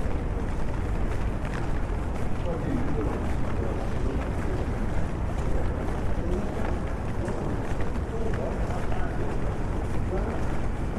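A walk through London in the rain, with a dense, steady wash of low rumble and hiss that never lets up. Quick ticks and patters run through it constantly, and faint voices murmur in and out underneath.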